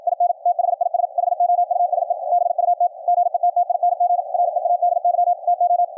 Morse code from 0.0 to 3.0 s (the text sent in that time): IN THIS HOUSE BUT